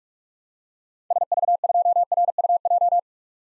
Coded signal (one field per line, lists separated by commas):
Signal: Morse code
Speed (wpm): 46 wpm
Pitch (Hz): 700 Hz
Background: none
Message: SV2RUJ